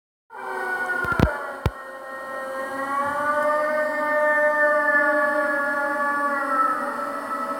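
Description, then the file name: Wolf howling, long sustained steady tones, with a few sharp clicks early on. "varg"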